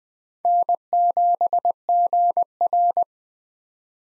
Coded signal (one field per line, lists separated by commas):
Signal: Morse code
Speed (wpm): 20 wpm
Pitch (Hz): 700 Hz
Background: none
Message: N7GR